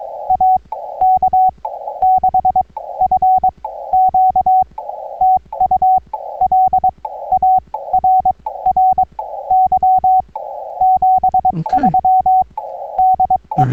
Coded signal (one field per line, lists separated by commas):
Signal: Morse code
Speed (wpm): 22 wpm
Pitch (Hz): 750 Hz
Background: none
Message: AK6FQ TU LARRY 73 DE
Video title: CW POTA Activation and a look around Victoria Springs State Rec Area US-3376